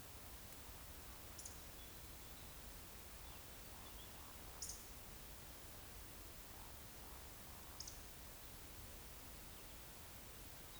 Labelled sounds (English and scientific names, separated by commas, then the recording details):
Eurasian Woodcock (Scolopax rusticola)
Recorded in Baden-Württemberg, Germany, on 28 May 2021 at 19:50 UTC
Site 45967, 814 m above sea level